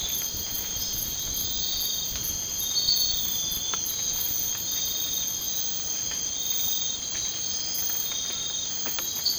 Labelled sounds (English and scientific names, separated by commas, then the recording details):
none
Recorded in dense forest near Puerto Asís, Putumayo, Colombia, on 19 March 2025 at 01:30
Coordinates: 0.500, -76.322
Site GP06